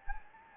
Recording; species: mosquito wingbeat signal from an infrared sensor; Anopheles gambiae